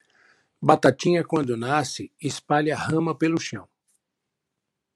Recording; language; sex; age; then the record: short text; Brazilian Portuguese; male; 50 to 59 years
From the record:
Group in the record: control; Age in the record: 52 years